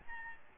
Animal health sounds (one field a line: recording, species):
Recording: mosquito wingbeat signal from an infrared sensor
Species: Aedes albopictus